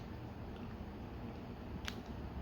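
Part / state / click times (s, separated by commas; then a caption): plastic chest panel pegging into toy torso / not seated / none. A plastic chest panel on a Transformers BB Deluxe Evil Predacon Terrorsaur toy is folded down under the chest toward the torso pegs during its robot-to-beast transformation. Quiet plastic handling continues over a steady low background, with one brief sharp tick near 1.9 seconds. Nothing has seated or pegged together yet.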